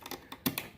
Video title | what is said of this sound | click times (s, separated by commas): How To Remove/Install A Radio In A 2007 Toyota Tundra | they snap right into place and you're going to do it for these two and then your | 0.5 s